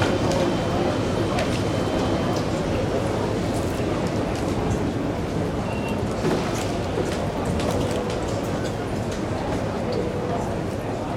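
Airport terminal: a steady, dense murmur of many voices, with scattered clicks and knocks and brief tones drifting through the crowd noise.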